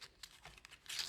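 An end flap of a folded cardstock gift box is folded up by hand, and its tab is worked toward a die-cut notch; no adhesive is used. Paper crinkles and rustles with small sharp taps near 0.2, 0.5 and 0.7 seconds, then a louder bright crinkle near the end. Nothing has seated or clicked into the notch yet.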